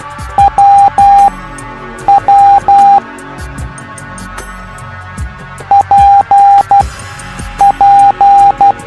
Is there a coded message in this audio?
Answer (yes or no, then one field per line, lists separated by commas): yes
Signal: Morse code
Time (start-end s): 0.4-8.7 s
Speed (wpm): 12 wpm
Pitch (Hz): 800 Hz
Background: music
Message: WW PP